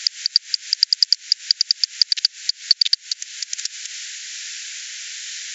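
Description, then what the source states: Bat: a quick train of sharp clicks for about three and a half seconds, then steady hiss. 28 September 2020.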